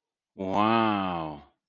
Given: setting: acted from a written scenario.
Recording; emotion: vocal sound without words; awe